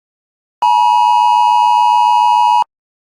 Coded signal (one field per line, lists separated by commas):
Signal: Emergency Alert System (SAME) tones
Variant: 853 and 960 Hz attention tone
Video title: EAS Scenario 2#: Krampus [Late Chirstmas Special]